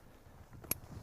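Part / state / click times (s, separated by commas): telescopic pole leg locking in the corner of an instant tent frame / seated / 0.7 s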